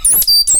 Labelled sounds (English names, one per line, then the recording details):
Stitchbird song
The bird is a male
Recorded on Tiritiri Matangi Island, New Zealand, in 2005
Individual 8, of nest box 10